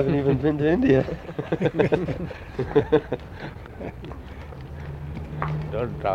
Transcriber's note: laughter